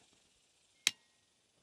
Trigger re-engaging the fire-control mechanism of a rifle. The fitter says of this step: you hear the pop that is called trigger reset very short movement versus